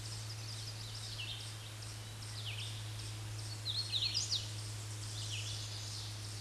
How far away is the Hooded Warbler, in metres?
about 15 m